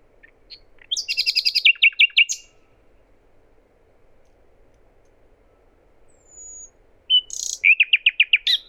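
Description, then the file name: Common nightingale song in two phrases, each a rapid series of repeated rich notes, separated by several seconds of near silence with one thin whistle. "Luscinia megarhynchos"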